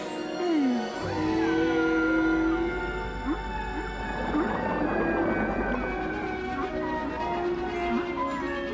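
Long, gliding whale calls rise and fall in pitch over a deep, steady rumble, some sweeping upward, others held as sustained tones, overlapping in a dense, echoing chorus.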